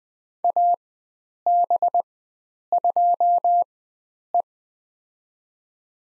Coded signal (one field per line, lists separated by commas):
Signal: Morse code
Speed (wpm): 20 wpm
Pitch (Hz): 700 Hz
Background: none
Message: AB2E